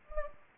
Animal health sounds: mosquito wingbeat signal from an infrared sensor; Anopheles gambiae

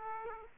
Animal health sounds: mosquito wingbeat signal from an infrared sensor; Aedes aegypti

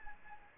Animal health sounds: mosquito wingbeat signal from an infrared sensor; Anopheles gambiae

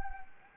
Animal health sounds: mosquito wingbeat signal from an infrared sensor; Anopheles gambiae

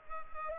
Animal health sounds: mosquito wingbeat signal from an infrared sensor; Culex pipiens

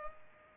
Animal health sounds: mosquito wingbeat signal from an infrared sensor; Culex pipiens

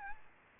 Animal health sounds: mosquito wingbeat signal from an infrared sensor; Aedes albopictus

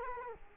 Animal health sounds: mosquito wingbeat signal from an infrared sensor; Culex quinquefasciatus

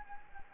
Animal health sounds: mosquito wingbeat signal from an infrared sensor; Anopheles gambiae

